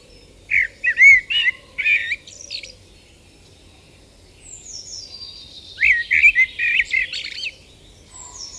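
Common blackbird song of rich, warbled fluty notes, a phrase at the start and another near six seconds, with thin high squeaks and other birds faintly between.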